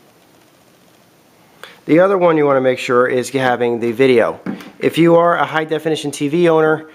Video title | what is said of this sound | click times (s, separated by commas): How To Install The Wii U (1080p HD) | it will only go in one way and it should snap right in place | 1.6 s